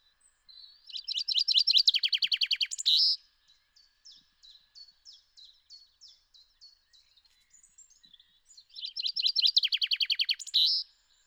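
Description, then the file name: Common chaffinch song: a rapid series of bright descending notes ending in a flourish, given twice with soft high chips between the phrases. "Fringilla coelebs"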